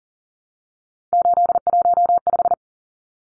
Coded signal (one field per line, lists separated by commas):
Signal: Morse code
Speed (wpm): 40 wpm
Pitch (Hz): 700 Hz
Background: none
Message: 815